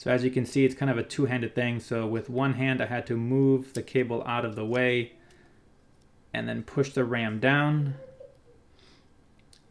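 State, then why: Seated. Someone talks while holding a ribbon cable aside with one hand and pushing an angled SO-DIMM memory module down into the motherboard RAM slot of an Asus Zephyrus G14 laptop. The metal retention arms flex out and snap into the side notches. A sharp click at 9.5 s marks the module seating into place.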